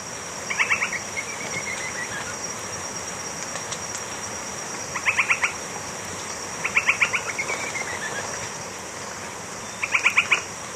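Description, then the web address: Northern White-crowned Tapaculo uttering brief rapid trilled bursts spaced several seconds apart, some trailed by a thin descending whistle, over a constant high insect whine. Ecuador. "Birds of Ecuador 3-01 Northern White-Crowned Tapaculo"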